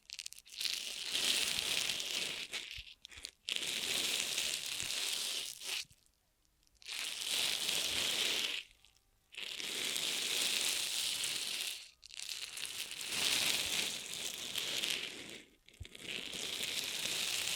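Ear massage triggers: dense, bright crinkling rubs in long bursts, broken by short silent gaps around three, six, nine, twelve and fifteen seconds.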